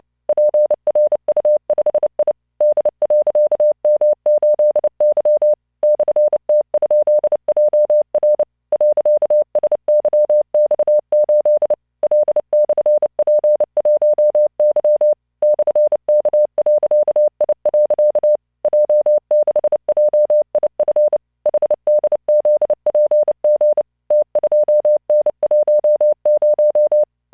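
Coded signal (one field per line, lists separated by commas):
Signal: Morse code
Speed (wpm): 29 wpm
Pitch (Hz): 600 Hz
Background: none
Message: PRU5I D.M8Y /T?JR .SYX8 L/P1Y /K.I. J6JIF HDZPG T2N10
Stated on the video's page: Morse practice generated by LearningMorse software at 29 WPM, 600 Hz tone, standard three-dot spacing.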